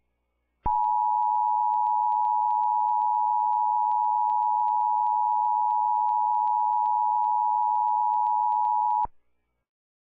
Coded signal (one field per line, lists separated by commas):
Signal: Emergency Alert System (SAME) tones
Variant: 853 and 960 Hz attention tone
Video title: Nevada Occurrence (EAS Scenario)